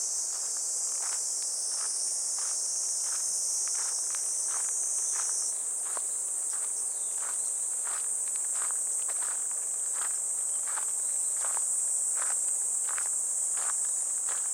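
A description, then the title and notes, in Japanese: Cicadas drone in a steady, high, dense shrill while footsteps crunch along a dirt path at an even walking pace throughout. 爽やかな朝、土手道を歩こう。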